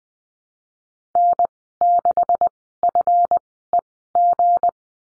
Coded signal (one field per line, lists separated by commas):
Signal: Morse code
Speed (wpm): 20 wpm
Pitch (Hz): 700 Hz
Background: none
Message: N 6 F E G